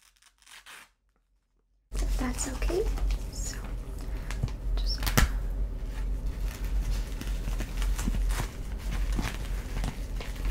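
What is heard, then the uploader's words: Glove sounds: after a faint, brief rustle and a second of silence, a dense stretch of rubbing, crumpling and flapping starts near two seconds and continues to the end. Sharp snaps and scrapes break through often, over a steady low hum. Glove Sounds.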